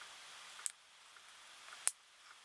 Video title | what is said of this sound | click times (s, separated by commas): Road To 500HP SAAB: Enginebuild Part 2 | like so it should like really snap into place | 1.9 s